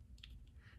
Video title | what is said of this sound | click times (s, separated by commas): Fabric Friday - * NEW * Marlo Sweater Featuring Batik Cotton Jersey Knit | tool to snap it into place and you'll feel it and you'll hear it snap | 0.2 s